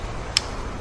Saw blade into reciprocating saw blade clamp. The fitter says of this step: release and the blade locks in place